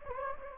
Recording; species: mosquito wingbeat signal from an infrared sensor; Anopheles gambiae